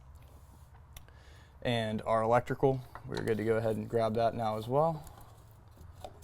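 A truck's wiring harness electrical connector is grabbed and handled for pushing onto the plug of an S&B fuel sending unit for a 2017-25 Ford Crew Cab Long Bed / 2017-26 Short Bed. Someone talks over faint handling noise, with small sharp ticks near 1.0 s and 6.1 s. The connector has not snapped on or seated yet.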